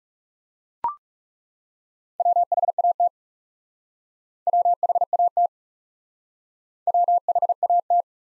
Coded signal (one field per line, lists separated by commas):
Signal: Morse code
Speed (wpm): 39 wpm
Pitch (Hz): 700 Hz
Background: none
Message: WHAT WHAT WHAT